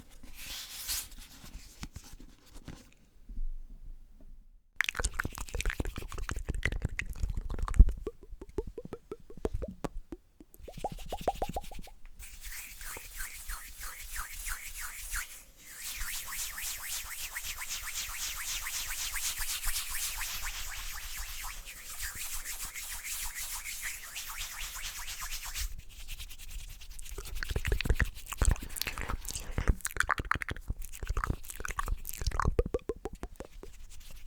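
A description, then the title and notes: Fast mouth sounds and hand sounds: wet clicks, smacks and pops in quick bursts, with a few brief silences near the start. From about 12 to 26 seconds a dense, hissy rubbing of hands runs steadily, then sharp clicking resumes toward the end. ASMR The BEST Mouth Sounds & Hand Sounds Lofi Cam (Fast & Aggressive).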